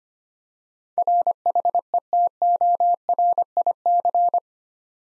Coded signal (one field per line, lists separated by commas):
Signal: Morse code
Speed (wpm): 25 wpm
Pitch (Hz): 700 Hz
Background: none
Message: RHETORIC